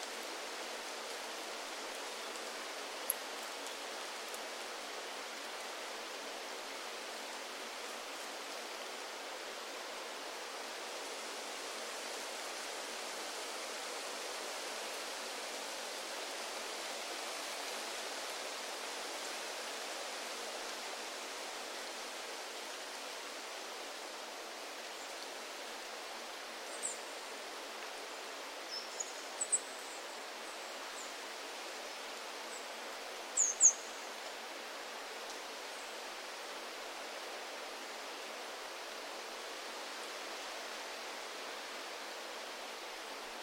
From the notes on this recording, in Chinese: 听远钟声，听风息声，听林涛声，听落叶声